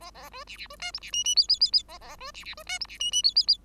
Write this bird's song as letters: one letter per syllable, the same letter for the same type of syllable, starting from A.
A A B C C B D E C F F G G G G A A B C C B D E C F F G G G